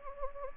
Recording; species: mosquito wingbeat signal from an infrared sensor; Anopheles gambiae